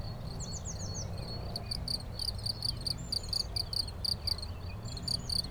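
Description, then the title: Cricket chirping in clear high pulsed chirps over a soft low rumble, with brief twittering notes early on. Lone cricket, among the first of the season, singing for some days now in an intermittent, discontinuous way; Chindrieux, France. "Chindrieux, France - grillon seul"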